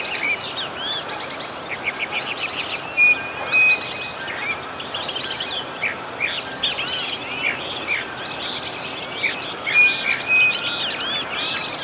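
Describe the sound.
Bird calls, dense high twittering with scattered louder bursts and steady hiss throughout.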